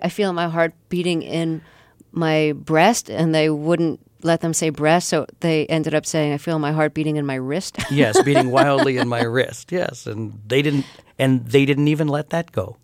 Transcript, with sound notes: - I feel my heart beating in my breast, and they wouldn't let them say breast. So they ended up saying I feel my heart beating in my wrist.
(Soundbite of laughter) Yea, beating wildly in my wrist, and they didn't even let that go.